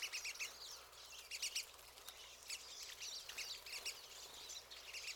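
Pine siskins chattering in a dense flock, run-together twittering notes and buzzy trills overlapping without a break.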